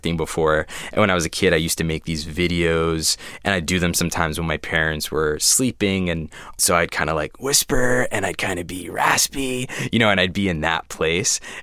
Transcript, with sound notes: And when I was a kid, I used to make these videos, and I'd do them sometimes when my parents were sleeping. And so I'd kind of, like, (Impersonating Rumi Hussein) whisper, and I'd kind of be raspy. You know, and I'd be in that place.